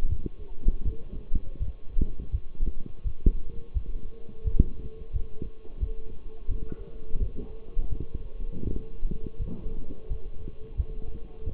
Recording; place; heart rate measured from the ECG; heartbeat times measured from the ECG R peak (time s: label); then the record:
heart sounds by stethoscope; between the tricuspid and mitral areas; 84 bpm
0.08 s: heartbeat
0.84 s: heartbeat
1.59 s: heartbeat
2.31 s: heartbeat
3.03 s: heartbeat
3.73 s: heartbeat
4.44 s: heartbeat
5.12 s: heartbeat
5.80 s: heartbeat
6.48 s: heartbeat
7.19 s: heartbeat
7.90 s: heartbeat
8.64 s: heartbeat
9.38 s: heartbeat
10.08 s: heartbeat
10.76 s: heartbeat
11.45 s: heartbeat
From the record:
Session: walking at 3.7 km/h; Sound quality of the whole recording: partially saturated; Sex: male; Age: 24 years